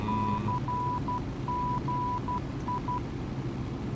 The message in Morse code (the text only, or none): CGI